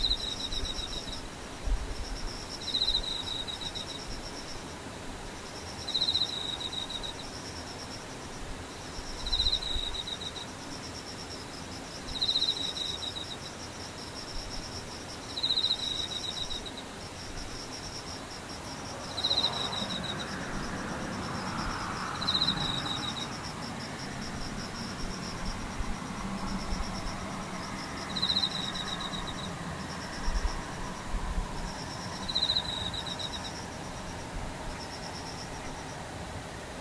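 Insects chirr steadily throughout, a high, dense pulsing buzz with brighter chirps recurring about every three seconds. Around twenty seconds a low rumble swells and fades, like a passing vehicle, while faint murmuring noise sits underneath the whole time.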